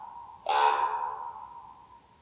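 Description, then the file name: Common raven producing a single rough, throaty croak that dies away in a long echo. "hollo hangja"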